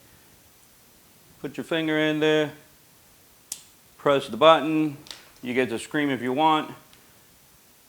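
A spring-loaded lancet in the blood lancing device of an Auvon DS-W blood glucose monitoring system is fired by pressing the release button with the device held against a finger. A single sharp click at 3.5 s marks the cocked lancet releasing, while someone talks before and after it.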